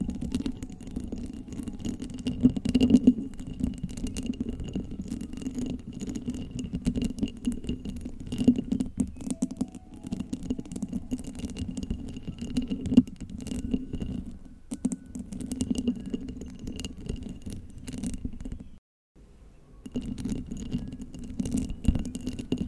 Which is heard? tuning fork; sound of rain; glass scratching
glass scratching